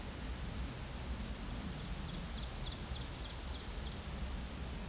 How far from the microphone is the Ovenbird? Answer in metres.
about 100 m